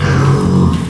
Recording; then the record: squeal of a Yucatan mini pig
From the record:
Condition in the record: after surgery on the right vocal fold (resection and tissue-engineered implant); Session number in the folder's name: 17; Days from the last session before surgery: 195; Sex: female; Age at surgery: 19 weeks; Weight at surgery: 25 kg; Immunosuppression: prednisolone